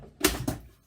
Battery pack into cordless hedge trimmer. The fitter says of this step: Ça se clipse tout simplement, hein.